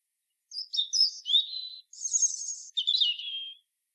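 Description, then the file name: European robin song: bright, jumbled high notes descending into a trill, a shimmering very high phrase, then a falling warble fading out. "Erithacus rubecula"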